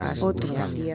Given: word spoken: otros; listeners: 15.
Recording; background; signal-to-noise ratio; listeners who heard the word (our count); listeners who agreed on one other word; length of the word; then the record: one Spanish word in noise, from a listening test; four-talker babble; 0.5 dB; 1 of 15; 10 of 15; 0.55 s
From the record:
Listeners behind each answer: 10, 1, 1, 1, 1, 1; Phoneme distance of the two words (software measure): 14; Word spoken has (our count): 2 syllables, 5 phonemes, stress on syllable 1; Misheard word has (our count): 2 syllables, 5 phonemes, stress on syllable 1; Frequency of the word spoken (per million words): 783.30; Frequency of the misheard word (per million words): 33.69